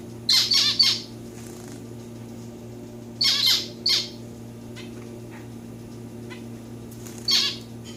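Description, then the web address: Society finch calls: harsh, scratchy notes in three short bursts, a few faint chips between, over a steady low hum. Pet domestic society finches while their owner plays with them. "playing with my finches. lonchura striata domestica"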